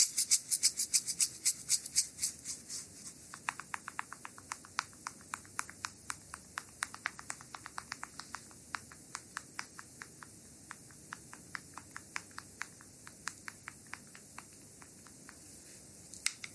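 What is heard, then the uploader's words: Bamboo sticks used in a full body massage make sharp, dry clicks and taps. A quick flurry of tapping fills the first two seconds, then the strikes come more sparsely and unevenly, some in short bursts, over a soft, steady hiss. ASMR Bamboo full body Massage by Anna. Relaxing massage with bamboo sticks for our dear subscribers. The bamboo sticks are wrapped in a heating pad to warm them.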